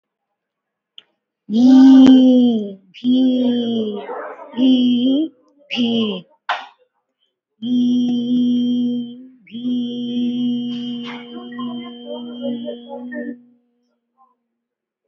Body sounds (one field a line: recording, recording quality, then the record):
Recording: sustained vowel as in beet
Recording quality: moderate, slight background noise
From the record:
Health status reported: recovered from COVID-19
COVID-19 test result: positive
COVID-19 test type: RT-PCR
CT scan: not taken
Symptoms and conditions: loss of smell and taste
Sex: female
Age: 38 years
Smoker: no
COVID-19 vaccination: both doses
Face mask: not worn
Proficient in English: yes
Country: India